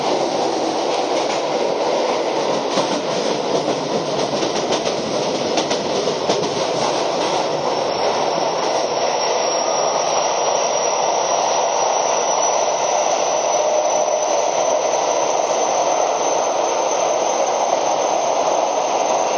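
Keio 5000 series train running between Motoyahata and Hashimoto, a dense, steady roar of wheels and motor that barely changes in level. The first seven seconds carry rapid rattling clicks over the rumble, then the sound smooths into an even, hissing run.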